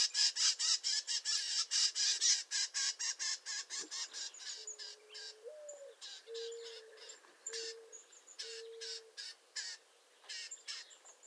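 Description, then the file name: Bell's Vireo harsh, nasal scolding notes repeated rapidly, fading later, with a few low, steady whistled tones underneath. "Bell's Vireo - Vireo bellii"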